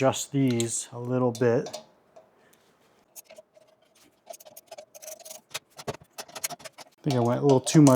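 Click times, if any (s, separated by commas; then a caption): none. Someone talks while adjusting the door striker for a tube door latch on a Jeep, followed by a stretch of quiet, light ticks and small taps of handling between about 4 and 6.5 seconds before the talking resumes. The tube door latch has not yet caught in the striker, and nothing has seated or clicked yet.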